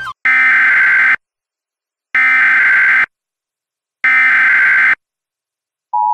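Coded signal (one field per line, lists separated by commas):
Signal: Emergency Alert System (SAME) tones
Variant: header bursts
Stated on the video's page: Simulated tornado emergency mock with valid SAME tones, not based on a real alert.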